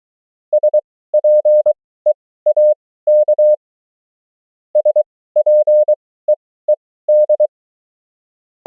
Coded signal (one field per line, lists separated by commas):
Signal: Morse code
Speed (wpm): 23 wpm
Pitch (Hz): 600 Hz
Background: none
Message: SPEAK SPEED